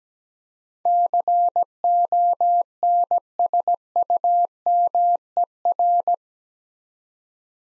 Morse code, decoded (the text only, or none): CONSUMER